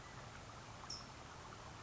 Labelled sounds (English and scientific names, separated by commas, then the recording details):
California Towhee (Melozone crissalis)
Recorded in Sonoma County, California